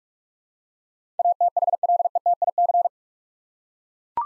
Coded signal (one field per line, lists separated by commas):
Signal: Morse code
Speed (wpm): 43 wpm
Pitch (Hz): 700 Hz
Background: none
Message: ATHLETIC